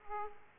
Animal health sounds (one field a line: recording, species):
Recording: mosquito wingbeat signal from an infrared sensor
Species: Aedes aegypti